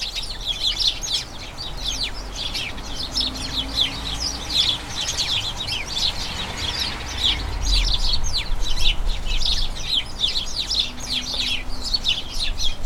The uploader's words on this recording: The soothing conversations of a flock of house sparrows. The happy, mesmerising chirping of a colony of house sparrows. As crocuses bloom in a small front garden, a dozen sparrows bubble with an incessant chatter full of infectious excitement. Recorded by Fergus Collins.